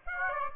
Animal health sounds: mosquito wingbeat signal from an infrared sensor; Aedes aegypti

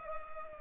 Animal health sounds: mosquito wingbeat signal from an infrared sensor; Culex pipiens

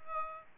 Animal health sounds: mosquito wingbeat signal from an infrared sensor; Aedes aegypti

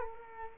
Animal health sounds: mosquito wingbeat signal from an infrared sensor; Culex quinquefasciatus

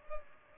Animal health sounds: mosquito wingbeat signal from an infrared sensor; Culex pipiens

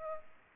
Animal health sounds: mosquito wingbeat signal from an infrared sensor; Aedes aegypti

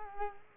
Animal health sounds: mosquito wingbeat signal from an infrared sensor; Culex quinquefasciatus

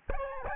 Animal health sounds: mosquito wingbeat signal from an infrared sensor; Aedes albopictus

